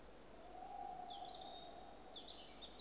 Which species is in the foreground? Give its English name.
Tawny Owl